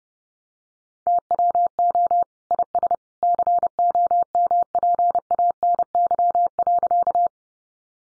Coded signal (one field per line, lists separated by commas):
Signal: Morse code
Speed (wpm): 30 wpm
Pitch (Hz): 700 Hz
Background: none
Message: TWO IS COMPANY.